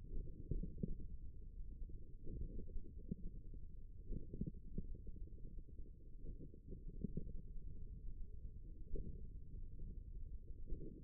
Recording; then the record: forearm muscle sounds (acoustic myography)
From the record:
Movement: hand opening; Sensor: system 1, eight BSWA MPA416 microphones around the upper forearm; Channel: 7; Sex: male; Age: 54 years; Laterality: right